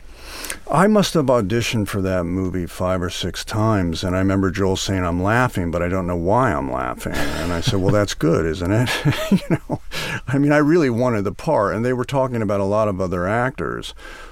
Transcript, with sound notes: I must have auditioned for that movie five or six times. And I remember Joel saying, I'm laughing but I don't know why I'm laughing.
(Laughter).
And I said, well, that's good, isn't it, (laughter) you know? I mean, I really wanted the part and they were talking about a lot of other actors.